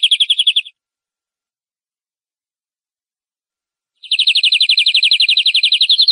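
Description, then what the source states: Canary song: a short fast trill breaks off, then after three seconds of silence a longer, very rapid rolling trill starts up. Masteran training song used to spur cage birds to sing more intensely.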